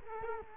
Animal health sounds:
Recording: mosquito wingbeat signal from an infrared sensor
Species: Culex quinquefasciatus

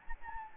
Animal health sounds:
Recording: mosquito wingbeat signal from an infrared sensor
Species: Anopheles gambiae

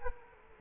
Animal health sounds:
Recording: mosquito wingbeat signal from an infrared sensor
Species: Culex quinquefasciatus

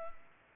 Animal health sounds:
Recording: mosquito wingbeat signal from an infrared sensor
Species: Culex pipiens

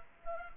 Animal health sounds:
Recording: mosquito wingbeat signal from an infrared sensor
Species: Culex quinquefasciatus

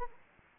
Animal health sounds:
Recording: mosquito wingbeat signal from an infrared sensor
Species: Anopheles arabiensis

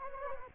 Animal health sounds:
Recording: mosquito wingbeat signal from an infrared sensor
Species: Anopheles gambiae

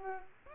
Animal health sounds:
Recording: mosquito wingbeat signal from an infrared sensor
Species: Aedes aegypti

